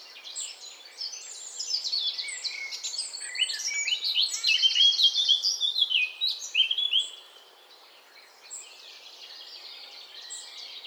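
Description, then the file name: Eurasian blackcap warbling song, a rapid run of varied chirps and whistles swelling loud between two and seven seconds. "Sylvia atricapilla"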